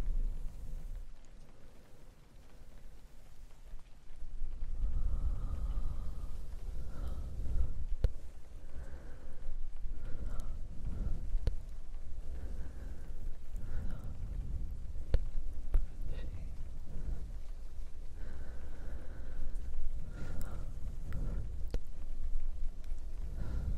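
Soft brushing strokes sweep across the mic in repeated low, rumbling passes, with breathy whispers drifting in and out from about five seconds onward. A steady hiss like rain sits underneath throughout, broken by occasional small clicks and taps.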